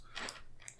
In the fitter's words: Pops right in place.